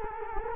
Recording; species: mosquito wingbeat signal from an infrared sensor; Culex quinquefasciatus